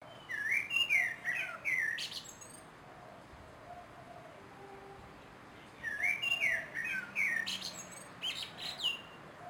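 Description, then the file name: Common blackbird song: two fluty, warbled phrases with high twittering endings, one at the start and another after about six seconds, with quiet between. "Turdus merula"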